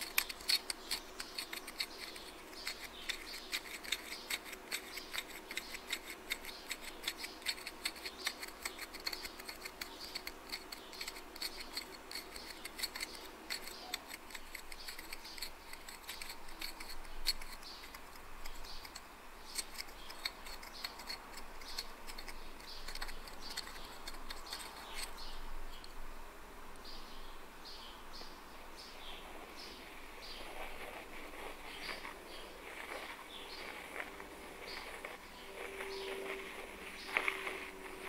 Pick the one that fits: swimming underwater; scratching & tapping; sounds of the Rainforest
scratching & tapping